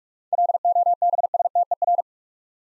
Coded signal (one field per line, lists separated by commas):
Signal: Morse code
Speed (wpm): 44 wpm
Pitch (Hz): 700 Hz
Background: none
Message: LOBSTER